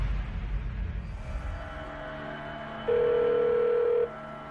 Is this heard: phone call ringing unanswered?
yes